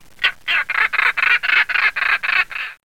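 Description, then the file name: European roller giving a series of about ten harsh, rasping notes in steady rhythm, roughly four per second, then stopping abruptly. "Coracias garrulus"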